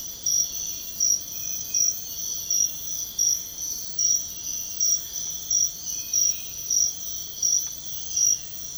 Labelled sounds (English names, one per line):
none